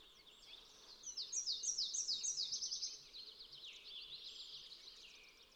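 Fox sparrow singing a rich, fast phrase: a quick series of sweet, repeated downslurred notes, then a tumbling warble that fades and falls lower at the end.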